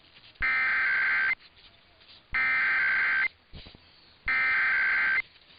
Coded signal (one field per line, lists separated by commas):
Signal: Emergency Alert System (SAME) tones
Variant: header bursts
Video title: [EAS #2183-2217] Compilation of Alerts from the week of 2/20/23